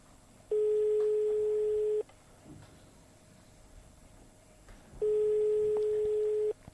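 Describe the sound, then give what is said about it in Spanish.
Two long, steady telephone ringback tones at a single mid-low pitch, each lasting about a second and a half, separated by a few seconds of quiet line hiss, on a call to the Basque Country. No one speaks. “Ah, en Euskal Herria también tienen tonos.”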